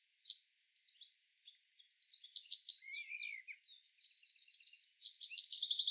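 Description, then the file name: Common nightingale singing quietly: a brief sharp note, varied warbles and a low slurred whistle, ending in a fast, even trill of repeated notes. "Luscinia megarhynchos"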